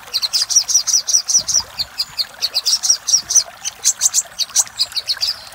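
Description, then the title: Little spiderhunter song: a rapid series of high, sharp chips continuing throughout. Master audio for training cage birds; labaik style. "Masteran Burung Sogok Ontong Labaik"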